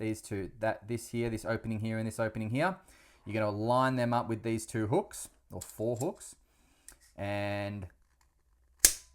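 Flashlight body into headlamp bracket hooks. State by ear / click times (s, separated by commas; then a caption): seated / 8.8 s. An Olight Perun 3 flashlight body has its two openings lined up with the hooks of its headlamp mount and is pushed in while someone talks. It snaps into the mount with a loud, sharp snap at 8.9 s, seating firmly in place.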